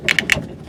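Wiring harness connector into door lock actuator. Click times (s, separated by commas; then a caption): 0.3 s. A wiring harness plug is pushed into a new power door lock actuator on the latch assembly of a 2004–2006 Toyota Tundra door, before the assembly goes fully into the door, as part of replacing the actuator because the power door locks were not locking. Three short, sharp plastic clicks sound at about 0.1, 0.2 and 0.3 seconds, the last being the loudest. The connector clicks in and is seated at 0.3 seconds.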